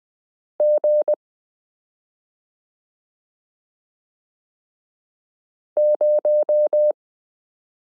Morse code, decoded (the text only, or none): G 0